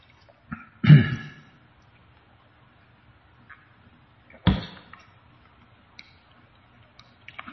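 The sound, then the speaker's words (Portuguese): Someone drinking water: a few sharp clicks and a muffled gulp early on, a brief louder burst midway, then scattered faint ticks from handling the container, with no talking. “Deixa eu tomar água”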